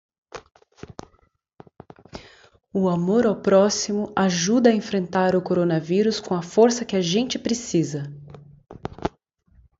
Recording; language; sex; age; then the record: spoken sentence; Brazilian Portuguese; female; 40 to 49 years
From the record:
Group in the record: control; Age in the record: 46 years